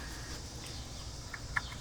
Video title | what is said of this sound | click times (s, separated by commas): How to Replace a Camshaft Sensor | make sure you hear the click | 1.6 s